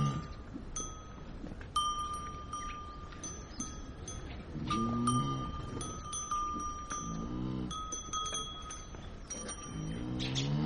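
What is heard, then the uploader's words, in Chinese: Cows and birds compete for food in a Tibetan family's courtyard. Low cow moos rise up around five, seven and a half, and ten seconds over a steady rustle, while bright, ringing tones, like bells or chimes, sound on and off throughout. 藏民家的院子里 鸟和奶牛在争食。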